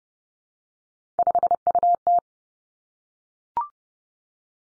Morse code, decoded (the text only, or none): 5UT